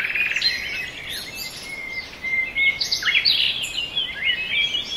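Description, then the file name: Several birds singing together, thin steady whistles overlaid with busy chirping that grows louder toward the end. Forest birds. "ASMR Nature Noise - Forest Birds"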